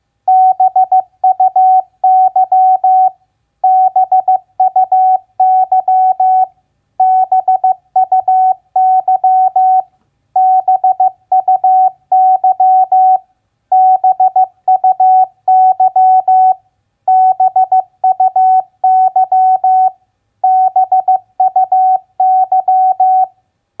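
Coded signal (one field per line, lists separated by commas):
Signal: Morse code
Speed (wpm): 15 wpm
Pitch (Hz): 750 Hz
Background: none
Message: BUY BUY BUY BUY BUY BUY BUY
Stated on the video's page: Morse word-recognition practice of common three-letter words at 15 wpm.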